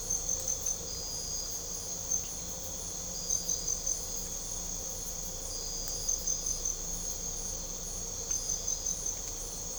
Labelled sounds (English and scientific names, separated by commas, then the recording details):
none
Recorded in pastures near Puerto Asís, Putumayo, Colombia, on 18 December 2024 at 00:00
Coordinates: 0.497, -76.327
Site G088